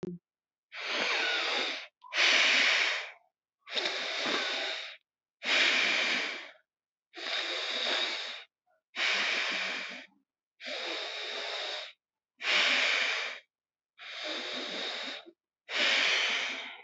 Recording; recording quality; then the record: deep breathing; excellent, no background noise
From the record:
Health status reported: healthy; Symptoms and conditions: none ticked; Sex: male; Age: 27 years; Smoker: not ticked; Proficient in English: yes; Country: India